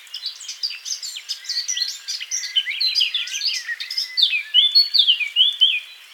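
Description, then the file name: Eurasian blackcap song: quick varied warbling notes giving way to clear, fluty phrases in the final seconds. "Sylvia atricapilla"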